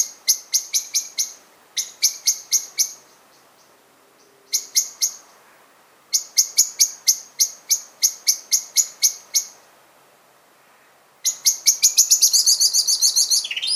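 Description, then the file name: Common blackbird giving fast runs of sharp chinking notes in several bursts, ending in a quicker rattling chatter. "Turdus merula"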